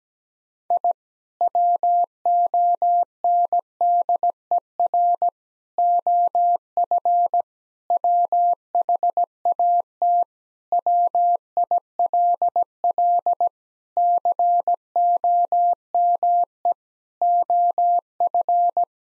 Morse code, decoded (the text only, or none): I WONDER OF WHAT WILL COME OF